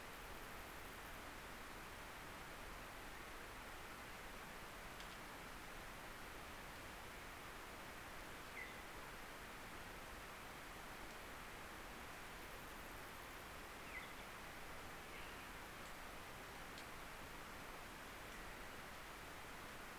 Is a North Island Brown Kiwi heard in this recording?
no